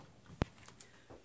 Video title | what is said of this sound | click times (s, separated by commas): 3M Particulate Filters and Cartridges - Combinations and Adapters | they simply mount on top of the masks with a standard bayonet connection turns clicks into place | 0.4 s